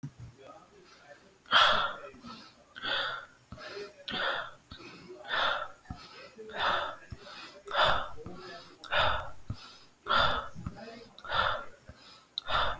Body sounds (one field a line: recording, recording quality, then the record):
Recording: shallow breathing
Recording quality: excellent, no background noise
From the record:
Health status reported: healthy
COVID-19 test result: not tested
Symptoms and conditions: none ticked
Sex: male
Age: 39 years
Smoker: not ticked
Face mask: not worn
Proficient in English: yes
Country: India